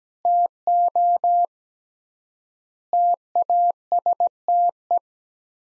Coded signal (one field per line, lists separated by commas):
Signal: Morse code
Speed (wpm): 17 wpm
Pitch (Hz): 700 Hz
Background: none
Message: TO TASTE